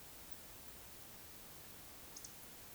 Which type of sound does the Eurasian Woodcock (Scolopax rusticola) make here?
whistle, croak